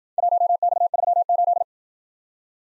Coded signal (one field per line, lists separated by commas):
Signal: Morse code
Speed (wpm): 53 wpm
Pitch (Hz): 700 Hz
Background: none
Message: 1X38